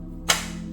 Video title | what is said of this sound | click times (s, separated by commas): VK56 Engine Swapping My G35 Coupe Ep.3 – CD009 Meets the BIG BLOCK Nissan! | just like that. Snaps into place beautifully. | 0.3 s